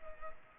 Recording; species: mosquito wingbeat signal from an infrared sensor; Culex pipiens